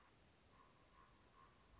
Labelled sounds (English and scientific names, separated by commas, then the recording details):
Common Raven (Corvus corax)
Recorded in Sonoma County, California